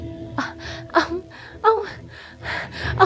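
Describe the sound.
A woman gasps and pants for breath after a man takes his hand off her mouth, in a quick, ragged series of about five bursts, some breathy and some catching with a strained voiced edge, with no words spoken.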